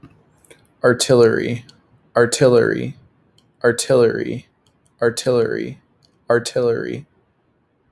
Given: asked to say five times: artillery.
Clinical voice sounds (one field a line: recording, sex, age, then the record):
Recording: repeated word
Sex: male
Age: 20 to 29 years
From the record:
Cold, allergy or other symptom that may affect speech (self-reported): no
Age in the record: 24 years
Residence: Minnesota, United States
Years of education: 17